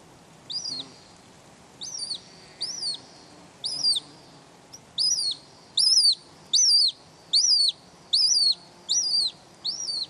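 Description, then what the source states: Hen Harrier calls: a series of sharp, high, arched notes repeated about every second, growing louder and more regular, over a quiet background. Made with an autonomous recorder left in a bush in the breeding area for about six weeks, Slieve Blooms, Ireland; fewer than 100 breeding pairs remain.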